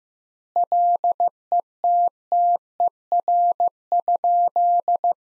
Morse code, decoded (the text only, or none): LETTER?